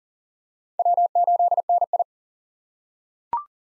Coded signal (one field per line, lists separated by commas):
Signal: Morse code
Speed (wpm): 40 wpm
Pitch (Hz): 700 Hz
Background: none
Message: W8NI